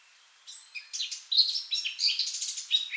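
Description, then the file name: Eurasian blackcap song: a brief, dense jumble of bright chirping notes following a short quiet start. "Sylvia atricapilla"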